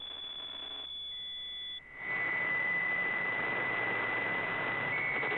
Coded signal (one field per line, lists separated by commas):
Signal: PSK63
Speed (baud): 62.5 baud